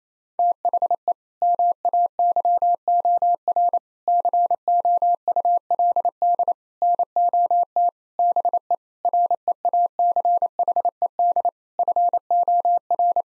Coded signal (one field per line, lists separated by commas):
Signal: Morse code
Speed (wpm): 27 wpm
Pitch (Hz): 700 Hz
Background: none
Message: THE MAYOR COULD NOT BE REACHED FOR